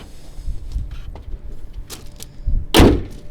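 A truck hood is shut into its hood latch. After a few faint knocks and rustles, a loud slam and latch sound hits at 2.8 s and rings out briefly. The hood latches closed.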